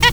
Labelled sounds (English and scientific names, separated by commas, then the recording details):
Zebra Finch (Taeniopygia guttata) stack call
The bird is a female
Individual fem9